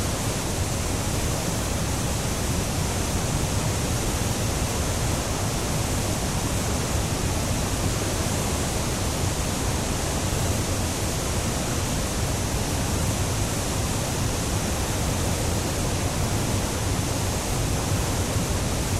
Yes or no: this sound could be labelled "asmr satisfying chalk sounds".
no